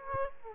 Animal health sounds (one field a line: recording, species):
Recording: mosquito wingbeat signal from an infrared sensor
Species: Aedes aegypti